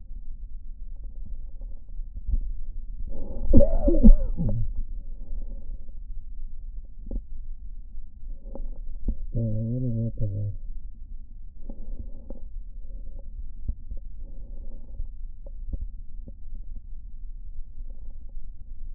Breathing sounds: lung sounds by stethoscope; right posterior basal chest; quiet breathing, then cough and speech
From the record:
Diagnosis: interstitial lung disease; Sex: male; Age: 74 years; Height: 160 cm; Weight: 54 kg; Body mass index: 21.1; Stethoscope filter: diaphragm mode

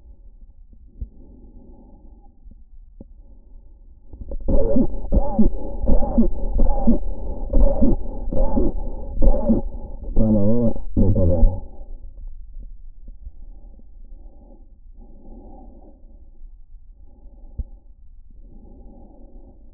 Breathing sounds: lung sounds by stethoscope; trachea; quiet breathing, then cough and speech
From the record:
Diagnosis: interstitial lung disease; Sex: male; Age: 65 years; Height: 161 cm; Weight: 74.6 kg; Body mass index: 28.8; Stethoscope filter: diaphragm mode

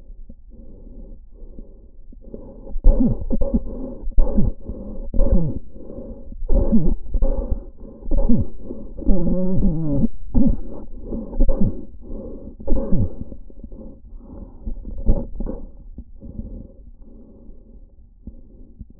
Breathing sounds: lung sounds by stethoscope; trachea; quiet breathing, then cough and speech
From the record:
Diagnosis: COPD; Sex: male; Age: 72 years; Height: 172 cm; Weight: 58.6 kg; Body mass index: 19.8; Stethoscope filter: diaphragm mode

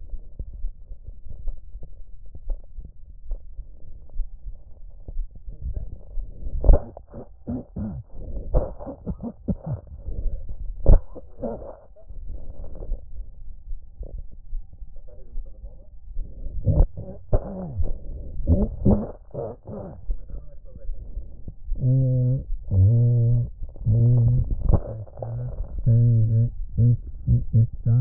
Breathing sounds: lung sounds by stethoscope; left anterior apical chest; quiet breathing, then cough and speech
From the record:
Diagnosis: pulmonary infection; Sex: male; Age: 86 years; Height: 165 cm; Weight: 65 kg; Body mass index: 23.9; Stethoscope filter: extended mode

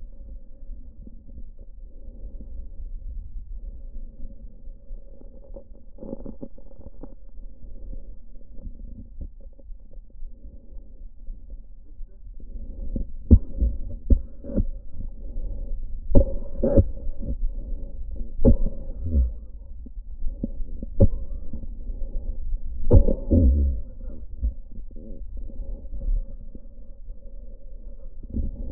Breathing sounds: lung sounds by stethoscope; left anterior apical chest; quiet breathing, then cough and speech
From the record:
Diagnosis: pulmonary infection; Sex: male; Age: 69 years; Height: 184 cm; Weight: 115 kg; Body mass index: 34.0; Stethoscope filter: diaphragm mode

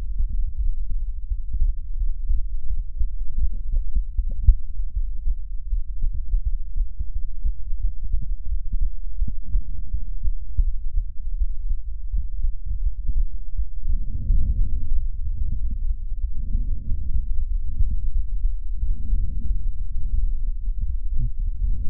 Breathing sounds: lung sounds by stethoscope; left anterior apical chest; quiet breathing, then deep breathing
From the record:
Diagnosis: none (healthy); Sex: male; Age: 29 years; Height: 180 cm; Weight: 100 kg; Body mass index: 30.9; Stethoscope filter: bell mode

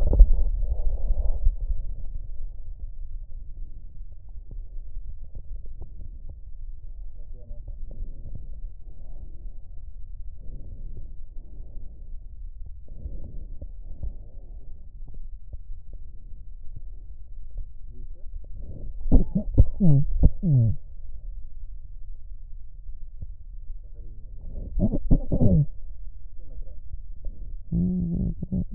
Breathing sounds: lung sounds by stethoscope; right posterior apical chest; quiet breathing, then cough and speech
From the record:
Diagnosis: COPD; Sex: female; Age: 72 years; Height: 156 cm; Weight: 72 kg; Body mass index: 29.6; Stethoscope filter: extended mode

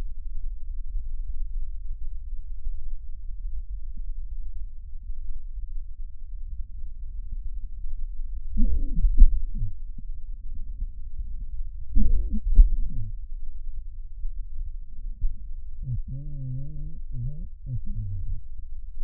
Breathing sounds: lung sounds by stethoscope; left posterior basal chest; quiet breathing, then cough and speech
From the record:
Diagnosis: interstitial lung disease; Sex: male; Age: 75 years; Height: 167 cm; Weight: 68 kg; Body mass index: 24.4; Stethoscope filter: bell mode

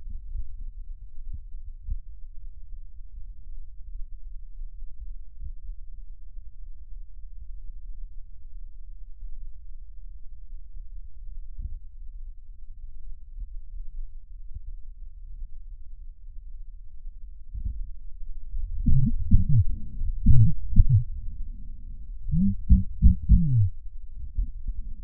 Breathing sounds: lung sounds by stethoscope; right posterior basal chest; quiet breathing, then cough and speech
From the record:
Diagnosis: none (healthy); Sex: male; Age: 30 years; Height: 190 cm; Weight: 88 kg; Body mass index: 24.4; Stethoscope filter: bell mode

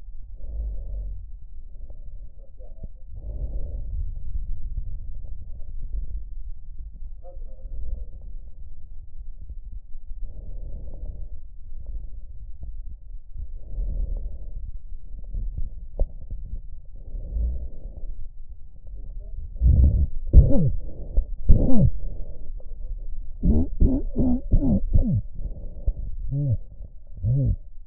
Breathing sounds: lung sounds by stethoscope; left anterior apical chest; quiet breathing, then cough and speech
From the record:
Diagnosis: COPD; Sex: male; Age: 70 years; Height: 170 cm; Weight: 74 kg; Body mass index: 25.6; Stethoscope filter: extended mode

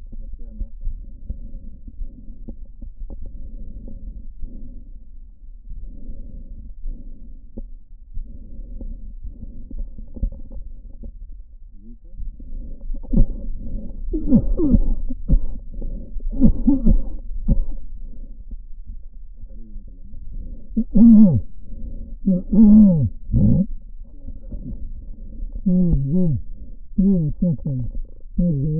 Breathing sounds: lung sounds by stethoscope; left posterior apical chest; quiet breathing, then cough and speech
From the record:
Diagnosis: COPD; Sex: male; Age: 75 years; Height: 182 cm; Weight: 98 kg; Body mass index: 29.6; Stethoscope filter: diaphragm mode

